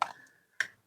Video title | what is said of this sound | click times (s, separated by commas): UNBOXING HT SCOM FC5 PRO a.k.a QUANSHENG UV5R PLUS | dari atas dulu kemudian tekan nah sampai terdengar bunyi klik Nah | 0.6 s